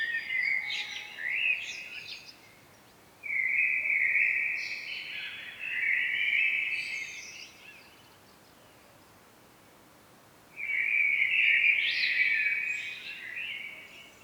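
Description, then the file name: Common blackbird song in several separate phrases, mellow warbles with scratchy high notes, with quiet gaps between them. "Turdus merula"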